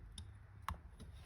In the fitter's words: pull it all the way through until it clicks you'll see definitely seated